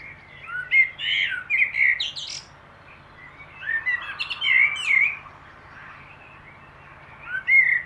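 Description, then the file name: Common blackbird singing fluty warbled phrases that end in thin, squeaky twitters, three phrases with quiet pauses between. "Turdus merula"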